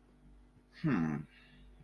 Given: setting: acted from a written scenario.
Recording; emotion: vocal sound without words; pride